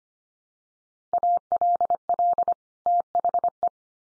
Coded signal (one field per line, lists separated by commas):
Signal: Morse code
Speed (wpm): 25 wpm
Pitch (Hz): 700 Hz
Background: none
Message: ALL THE